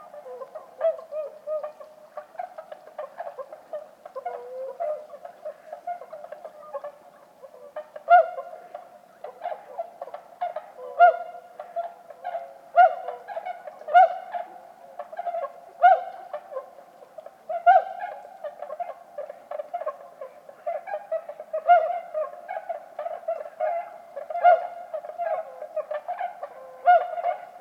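Bewick's swans call continuously at their night roost, a dense chorus of soft, nasal honks and bugling cries overlapping from many birds. Louder individual calls stand out every second or two, especially after eight seconds, over a steady murmur of swans.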